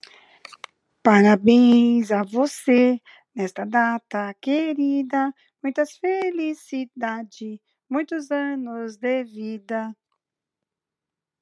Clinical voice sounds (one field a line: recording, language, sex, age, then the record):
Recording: short text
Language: Brazilian Portuguese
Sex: female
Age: 60 to 69 years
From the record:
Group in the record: control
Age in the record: 60 years